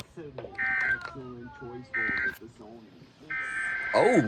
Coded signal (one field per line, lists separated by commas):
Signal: Emergency Alert System (SAME) tones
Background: speech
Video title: Minor Outburst (EAS 293-297)